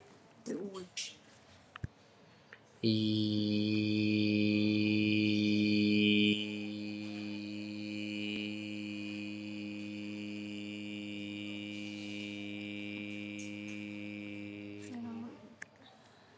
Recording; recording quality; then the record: sustained vowel as in beet; excellent, no background noise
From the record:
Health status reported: recovered from COVID-19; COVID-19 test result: negative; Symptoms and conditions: asthma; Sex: male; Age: 26 years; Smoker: not ticked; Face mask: not worn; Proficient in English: yes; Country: India